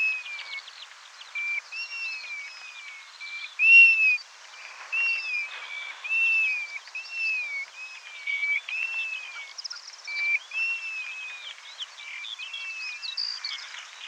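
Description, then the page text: European golden plover display calls, a steady series of mournful slurred whistles rising and dipping, one louder note near four seconds, softer high whistles mixed in throughout. Flight display call. "European Golden Plover Flight Display Call. Quick Sounds"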